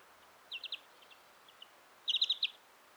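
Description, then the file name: European greenfinch calls: a quick burst of three bright chirps, a few soft scattered notes, then a faster run of several chirps against a quiet background. "Chloris chloris"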